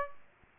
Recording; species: mosquito wingbeat signal from an infrared sensor; Aedes aegypti